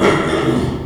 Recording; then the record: squeal of a Yucatan mini pig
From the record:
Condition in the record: after surgery on the right vocal fold (resection and tissue-engineered implant); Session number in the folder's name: 2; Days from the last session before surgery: 13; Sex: male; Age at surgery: 12 weeks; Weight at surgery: 13 kg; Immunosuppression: cyclosporine, prednisolone